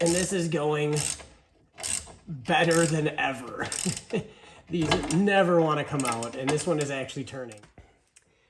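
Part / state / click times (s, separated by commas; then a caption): hex socket in the sway bar end link stud, held by the wrench / stripped / 8.2 s. On a 2009-2015 Honda Pilot, a wrench holds a sway bar end link stud by its small internal steel hex while a rusted nut is being removed. Someone talks over the work, and a short sharp click at 8.2 s marks the hex rounding out. The hex is stripped and the stud turns with the nut.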